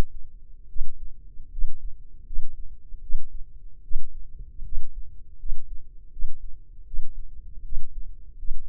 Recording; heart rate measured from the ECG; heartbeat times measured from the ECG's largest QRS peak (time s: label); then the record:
heart sounds by microphone in the left ear; 78 bpm
0.67 s: heartbeat
1.50 s: heartbeat
2.24 s: heartbeat
3.01 s: heartbeat
3.82 s: heartbeat
4.63 s: heartbeat
5.37 s: heartbeat
6.10 s: heartbeat
6.85 s: heartbeat
7.63 s: heartbeat
8.36 s: heartbeat
From the record:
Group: healthy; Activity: rest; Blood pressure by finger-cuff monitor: 149/88 mmHg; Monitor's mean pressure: 104 mmHg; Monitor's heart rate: 76 bpm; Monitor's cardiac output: 6.2 L/min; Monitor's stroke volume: 82 mL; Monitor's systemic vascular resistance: 1240 dyn s/cm5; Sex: male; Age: 21 years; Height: 180 cm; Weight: 67.5 kg